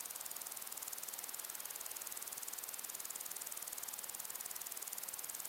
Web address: beanstalk-audio Crickets and insects in windy long grass